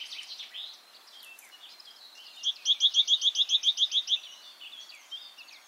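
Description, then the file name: Great tit rattling off a quick string of about a dozen crisp, identical notes, with scattered twittering before and after. "Parus major"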